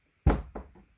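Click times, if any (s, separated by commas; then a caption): 0.3 s, 0.6 s. An interior door handle is pushed onto its adapter and clipped onto its rose on a door, giving two short knocks at 0.3 s and 0.6 s, the first louder and deeper. The handle is seated and properly clipped, with no play.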